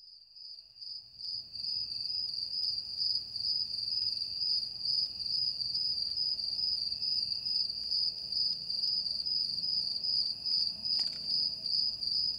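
Cicada call begins after a brief quiet moment, then a sustained high metallic buzz with regular slight pulses continues to the end.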